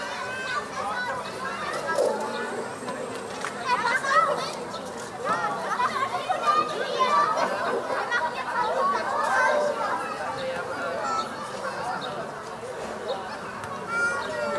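Children play on a playground, their voices overlapping in a steady, dense chatter for the whole clip. High calls and brief shouts rise out of the crowd every second or so, loudest around four and nine seconds, with no pause in the talk.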